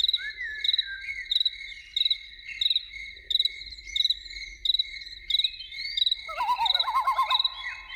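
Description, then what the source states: Loon tremolo near the end, a quavering, wavering call lasting about a second and a half, behind constant pulsed cricket chirping. Evening soundscape with loons.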